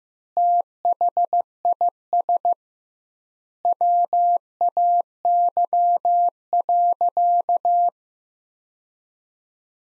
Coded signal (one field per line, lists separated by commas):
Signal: Morse code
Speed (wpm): 15 wpm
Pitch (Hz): 700 Hz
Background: none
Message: THIS WAY.